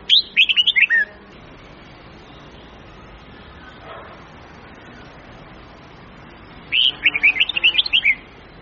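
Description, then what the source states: Red-whiskered bulbul song: two quick bursts of bright, warbled notes, one at the start and one near the end, over a steady low hiss. Huế-type bulbul; long-phrase song with 9 to 12 notes, changing its phrasing continuously.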